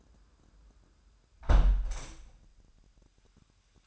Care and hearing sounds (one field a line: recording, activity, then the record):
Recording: daily activity, microphone in the room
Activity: close window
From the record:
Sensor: 2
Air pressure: 998.5 hPa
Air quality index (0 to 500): 128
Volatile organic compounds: 3 ppm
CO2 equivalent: 1456 ppm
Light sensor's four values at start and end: 6/15/6/7 and 6/15/6/7